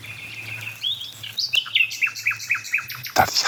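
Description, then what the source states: Common Nightingale song: a rising whistle, then a fast run of sharp repeated descending notes. Nightingale at a dead oak in a hedge near barns, giving its song an echo.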